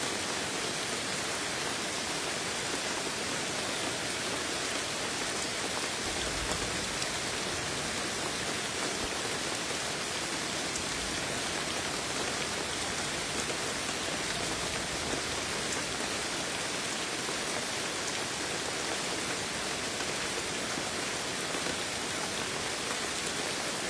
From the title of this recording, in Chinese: 大自然雨林山脉